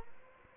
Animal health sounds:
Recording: mosquito wingbeat signal from an infrared sensor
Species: Aedes albopictus

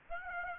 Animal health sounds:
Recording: mosquito wingbeat signal from an infrared sensor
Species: Aedes aegypti

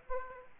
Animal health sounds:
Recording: mosquito wingbeat signal from an infrared sensor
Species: Aedes aegypti

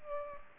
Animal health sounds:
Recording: mosquito wingbeat signal from an infrared sensor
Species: Culex pipiens

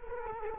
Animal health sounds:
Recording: mosquito wingbeat signal from an infrared sensor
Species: Culex quinquefasciatus

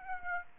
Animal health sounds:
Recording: mosquito wingbeat signal from an infrared sensor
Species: Aedes aegypti

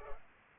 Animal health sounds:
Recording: mosquito wingbeat signal from an infrared sensor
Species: Culex pipiens

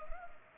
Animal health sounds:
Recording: mosquito wingbeat signal from an infrared sensor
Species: Culex pipiens

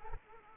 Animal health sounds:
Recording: mosquito wingbeat signal from an infrared sensor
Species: Anopheles arabiensis

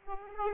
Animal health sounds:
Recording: mosquito wingbeat signal from an infrared sensor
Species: Aedes aegypti

